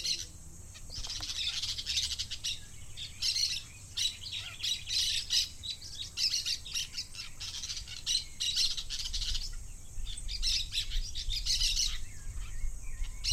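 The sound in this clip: Parakeet squawks and chirps in busy bursts, harsh high notes overlapping in a lively chatter, pausing briefly now and then, over a low rumble.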